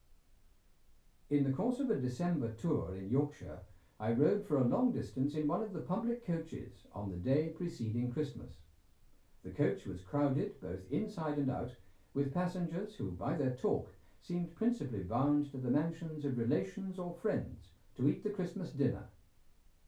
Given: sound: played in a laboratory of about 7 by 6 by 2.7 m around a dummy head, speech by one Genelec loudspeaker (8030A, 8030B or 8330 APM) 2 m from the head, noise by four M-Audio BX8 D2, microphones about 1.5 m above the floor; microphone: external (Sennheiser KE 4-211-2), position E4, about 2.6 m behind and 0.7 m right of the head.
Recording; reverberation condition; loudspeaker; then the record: male speech in English; low; 120 degrees to the right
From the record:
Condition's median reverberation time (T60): about 310 ms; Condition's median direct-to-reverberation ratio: about 3.5 dB